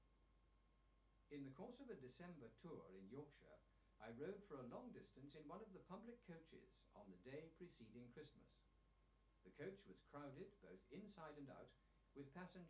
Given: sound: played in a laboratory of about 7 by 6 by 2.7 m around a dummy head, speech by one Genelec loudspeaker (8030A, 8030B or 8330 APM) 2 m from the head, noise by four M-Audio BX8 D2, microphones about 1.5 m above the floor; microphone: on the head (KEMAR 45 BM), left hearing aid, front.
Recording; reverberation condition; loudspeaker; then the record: male speech in English; low; 90 degrees to the right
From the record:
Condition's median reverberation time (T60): about 310 ms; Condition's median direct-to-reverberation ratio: about 3.5 dB